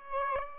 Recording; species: mosquito wingbeat signal from an infrared sensor; Aedes albopictus